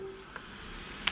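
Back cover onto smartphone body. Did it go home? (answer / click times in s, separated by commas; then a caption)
yes / 0.4 s, 1.1 s. A plastic back cover is pressed onto a Kingzone K1 smartphone until its clips engage, with a small click at 0.4 s and a sharper, louder snap at 1.1 s. The cover is seated and clips on cleanly.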